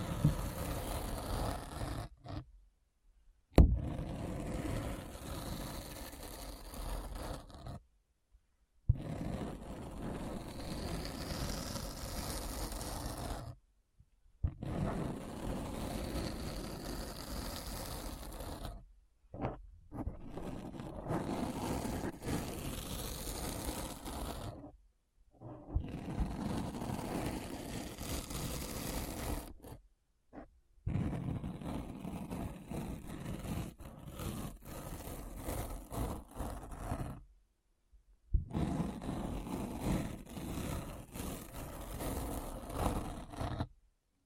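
Deep, rough scratching comes in long dense bursts of about four to six seconds, each separated by a brief silent gap. The sound is full and low, with a gritty rasp running through it, and it keeps an even loudness throughout each burst.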